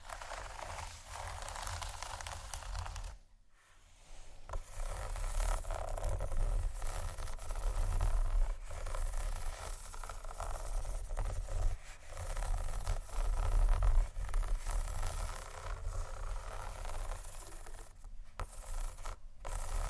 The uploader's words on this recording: ASMR 31 Scratching Triggers For Your Tingles（No Talking）.